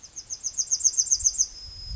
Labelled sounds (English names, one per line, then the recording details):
Yellowhammer song
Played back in forest
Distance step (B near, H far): D
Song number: 012